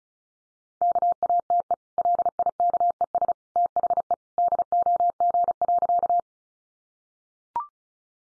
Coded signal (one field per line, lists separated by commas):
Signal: Morse code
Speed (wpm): 34 wpm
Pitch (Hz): 700 Hz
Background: none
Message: KATE LIKES THE DOG.